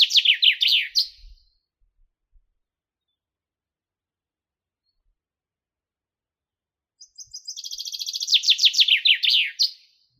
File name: Fringilla coelebs